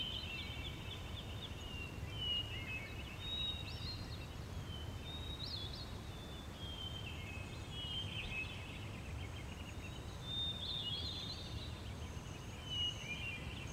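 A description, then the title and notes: Birds chirp and trill in a meadow, their bright, thin calls scattered throughout, overlapping now and then. Beneath them runs a steady low rumble of wind or noise that stays even across the whole recording. The gentle chirping of birds in a meadow. Beautiful bird song recordings.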